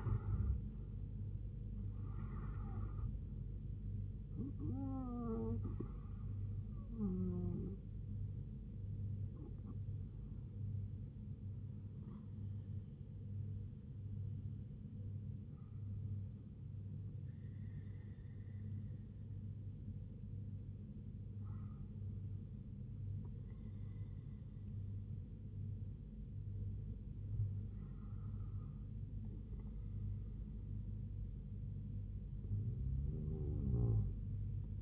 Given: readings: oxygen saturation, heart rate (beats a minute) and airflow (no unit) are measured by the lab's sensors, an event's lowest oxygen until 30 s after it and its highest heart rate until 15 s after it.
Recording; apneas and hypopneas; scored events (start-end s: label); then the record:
breathing in sleep by a smartphone at the bedside; none
none scored
From the record:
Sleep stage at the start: REM sleep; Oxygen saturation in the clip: 91 to 99%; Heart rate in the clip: 67 to 87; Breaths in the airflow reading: 7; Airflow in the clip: -7.4 to 7.2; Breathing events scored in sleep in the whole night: 158 in 7.3 hours asleep